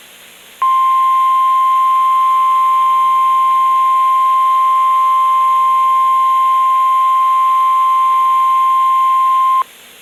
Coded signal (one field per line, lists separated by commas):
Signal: Emergency Alert System (SAME) tones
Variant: 1050 Hz attention tone